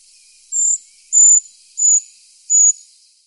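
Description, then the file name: Eurasian treecreeper giving four thin, very high sibilant calls, evenly spaced about every 0.65 seconds, with no other sounds. "Tradkrypare"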